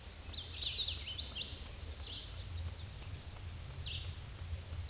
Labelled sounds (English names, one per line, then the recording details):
Hooded Warbler song
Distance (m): 25 m
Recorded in a Pennsylvania forest on 18 May 2023 at 10:58
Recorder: AudioMoth, point grid1_38_low
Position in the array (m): 235 m, 146 m